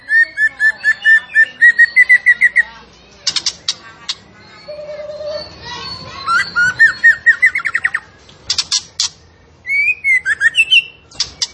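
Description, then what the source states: Zebra finch singing a long, varied medley: quick repeated chirp series, a steady mid-pitched whistle, rising trills and sharp clicking notes. Vigorously singing (gacor) bird from a masteran recording used to train kept songbirds.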